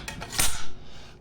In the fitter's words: slam her together locks in place